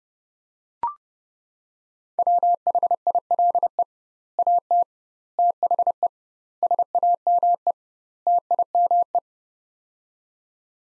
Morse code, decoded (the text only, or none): WHILE AT THE SAME TIME